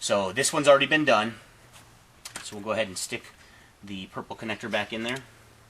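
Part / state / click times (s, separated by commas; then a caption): purple wiring harness connector into its mating socket / not seated / none. Someone talks while handling a purple plastic wiring harness connector, about to push it back into its mating socket after the black and pink wires, which were in backwards, have been swapped. The connector has not seated or clicked yet by the end.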